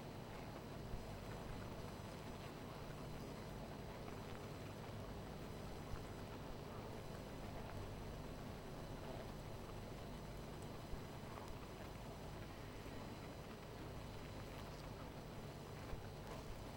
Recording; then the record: honeybee colony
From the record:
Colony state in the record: missing queen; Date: 14 July 2017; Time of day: 18:56